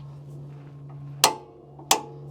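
A Harbor Freight click-type torque wrench set to 125 ft-lbs is pulled on a control arm bolt. Two sharp, bright pops ring out at 1.2 s and 1.9 s over a steady low hum, with faint small taps before each. Each pop is the wrench releasing, showing the bolt is at torque.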